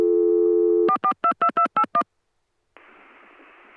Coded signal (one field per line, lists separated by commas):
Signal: DTMF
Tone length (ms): 80 ms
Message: 4422281